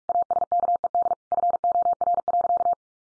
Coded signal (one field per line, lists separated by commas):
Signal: Morse code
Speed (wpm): 44 wpm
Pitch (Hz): 700 Hz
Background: none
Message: ASKED FOR.